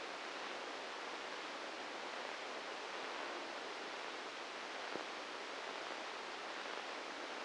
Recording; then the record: brain microelectrode recording played as sound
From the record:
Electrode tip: inside the subthalamic nucleus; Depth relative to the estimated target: 0 mm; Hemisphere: right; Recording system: NeuroSet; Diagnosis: Parkinson's disease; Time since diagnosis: 8 years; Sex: male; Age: 59 years